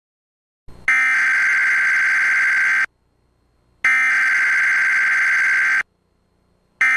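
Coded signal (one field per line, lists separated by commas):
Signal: Emergency Alert System (SAME) tones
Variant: header bursts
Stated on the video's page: Real Illinois Amber Alert (child abduction emergency) issued by Chicago police, recorded in real time.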